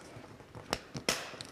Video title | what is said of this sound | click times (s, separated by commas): PG Strike Freedom - Gunpla TV 24 | And then you hear that snapping sound, so it's in place. | 1.1 s